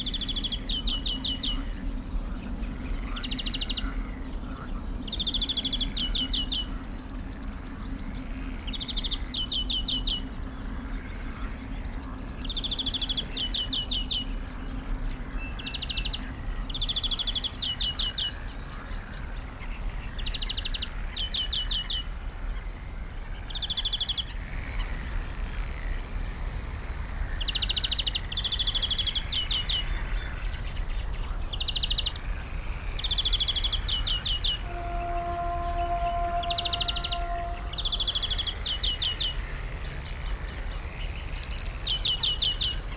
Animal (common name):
European Greenfinch